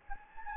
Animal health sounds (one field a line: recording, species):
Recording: mosquito wingbeat signal from an infrared sensor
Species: Anopheles gambiae